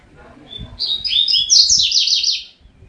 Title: Canto Coleiro